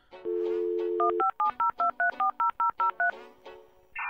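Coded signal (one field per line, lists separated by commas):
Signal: dial-up modem handshake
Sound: steady dial tone, a quick run of about eleven touch-tone digits, then modem tones starting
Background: faint background music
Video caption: (dial-up modem sound) It’s the sound of a dial-up modem booting up and gaining Internet access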